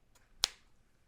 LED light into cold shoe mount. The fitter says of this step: here we go it just snaps right in on top we have the power button if we press it the light turns on we